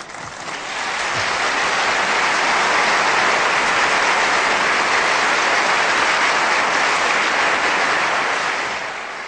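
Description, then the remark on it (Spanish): A large audience gives a sustained ovation after a speech by Allende, dense clapping that swells in within the first second, holds loud and steady for several seconds, then eases off at the end. No one speaks. “Como podemos escuchar en esa ovación posterior a su intervención, parece que las palabras que dijo Allende tuvieron acogida entre quienes las escucharon”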